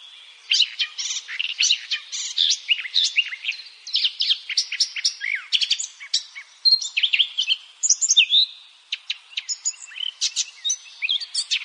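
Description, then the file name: Eurasian blackcap in a long warble: rapid, varied chirps and twitters, some rising and falling quickly, running almost without pause through the stretch. "Sylvia atricapilla"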